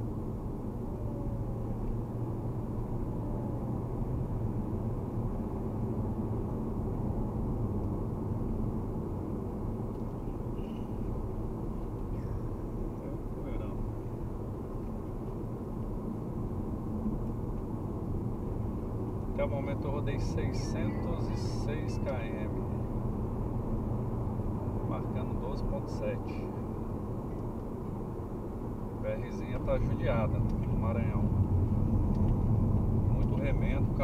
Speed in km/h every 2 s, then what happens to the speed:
64, 67, 70, 70, 69, 69, 68, 68, 65, 68, 71, 75, 76, 73, 69, 65, 63.
0-3 speeds up to 70. 3-16 steady at about 69. 16-24 speeds up to 76. 24-34 slows to 63.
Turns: none.